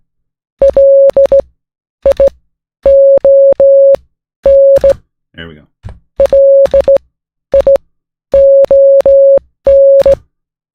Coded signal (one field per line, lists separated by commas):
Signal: Morse code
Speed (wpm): 16 wpm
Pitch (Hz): 550 Hz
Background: music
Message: LION LION